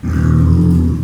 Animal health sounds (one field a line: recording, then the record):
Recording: squeal of a Yucatan mini pig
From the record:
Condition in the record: after surgery on the right vocal fold (resection and tissue-engineered implant)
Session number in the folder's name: 13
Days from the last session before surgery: 113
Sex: female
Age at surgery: 19 weeks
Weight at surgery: 25 kg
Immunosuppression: prednisolone